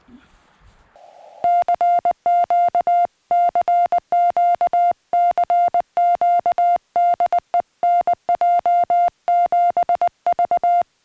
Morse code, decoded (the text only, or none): CQ CQ CQ DE NJ7V